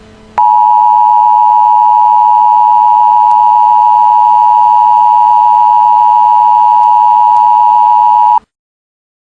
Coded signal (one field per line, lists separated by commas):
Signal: Emergency Alert System (SAME) tones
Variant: 853 and 960 Hz attention tone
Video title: What if a nuclear bomb eas interupts the Simpsons (eas scenario)